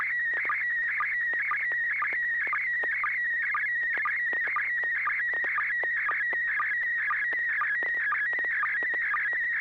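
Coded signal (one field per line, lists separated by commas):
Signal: SSTV (slow-scan television)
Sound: warbling, chirping tone sliding up and down, with a short low blip about twice a second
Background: low steady hum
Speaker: Let's go to Bill in Roseville, November 6, Hotel Alpha. If you're ready for us, Bill, go right ahead.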